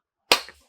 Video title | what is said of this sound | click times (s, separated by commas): Rosh Cookwares New Triply Launch - Premium Stainless Steel Cookware for Modern Kitchens | lock ஆயிடும். | 0.3 s